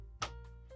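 A plastic Lego foot piece is threaded through a hole and clipped into a leg assembly, giving one sharp click at 0.2 s over steady background music. The foot part seats in place.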